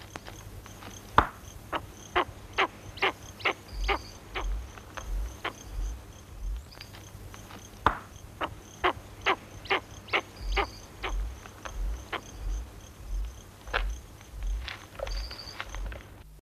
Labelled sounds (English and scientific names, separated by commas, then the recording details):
Egyptian Vulture (Neophron percnopterus) call
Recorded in captivity
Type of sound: call
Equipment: Halbspur, 9,5 cm/s
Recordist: Lütgens, Hans
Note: Ein Geier wirft Stein auf Straußenei